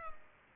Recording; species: mosquito wingbeat signal from an infrared sensor; Culex pipiens